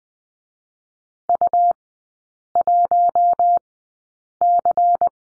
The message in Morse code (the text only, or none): U1C